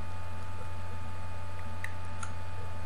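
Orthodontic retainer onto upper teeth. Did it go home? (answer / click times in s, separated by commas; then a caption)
yes / 1.8 s, 2.2 s. An upper Hawley retainer, an acrylic plate with wire clasps, is pushed up into place over the top teeth. Two short ticks are heard at 1.8 s and 2.2 s as the clasps snap over the teeth, and the retainer is seated. There are no words in the clip.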